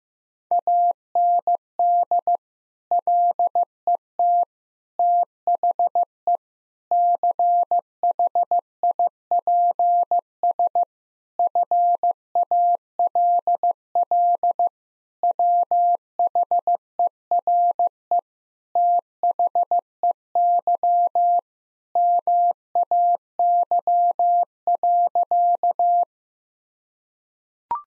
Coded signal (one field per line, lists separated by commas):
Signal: Morse code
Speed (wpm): 16 wpm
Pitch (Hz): 700 Hz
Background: none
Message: AND LET THE CHIPS FALL WHERE THEY MAY.